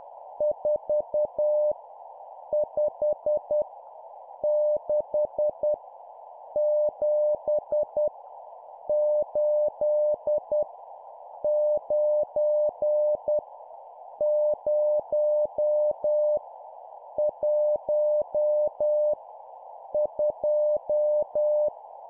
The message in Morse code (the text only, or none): 4 5 6 7 8 9 0 1 2